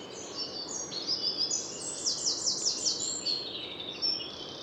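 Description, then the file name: Eurasian wren song, high thin notes giving way to a fast, ringing trill of repeated strokes, with continuous background noise. "Troglodytes troglodytes"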